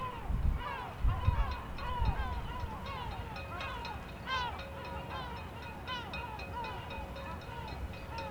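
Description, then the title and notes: Gulls giving repeated downward-curving squealing calls, several birds overlapping, over gusty wind and a faint steady ringing tone. Group of gulls circling and crying in the sky, Grand Port of Aix-les-Bains basin, France, north wind, boat masts ringing behind. "70 Bd Robert Barrier, 73100 Aix-les-Bains, France - Goelands dans le vent. Au bord d'un bassin du Grand Port d'Aix-les-bains , le vent du Nord souffle et fait sonner les mats des bateaux en arrière plan , dans le ciel un groupe de goelands tournoie en criant"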